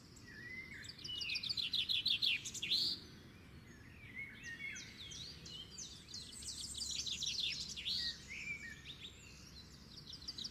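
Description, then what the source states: Several birds singing together: bursts of high, quick chirps and short trills, some rising and falling, in two busy spells with a quieter gap between, over a steady low background rumble. Morning song.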